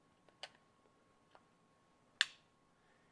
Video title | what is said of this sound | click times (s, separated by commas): How'd They Do It? 110 CFM EGO 56V 9-Gallon Wet Dry Vacuum [Shop Vac] | you hear a lock right there | 2.2 s